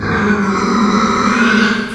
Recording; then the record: squeal of a Yucatan mini pig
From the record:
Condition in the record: after surgery on the right vocal fold (resection and tissue-engineered implant); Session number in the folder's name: 15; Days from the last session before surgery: 175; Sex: female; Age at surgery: 19 weeks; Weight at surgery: 25 kg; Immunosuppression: prednisolone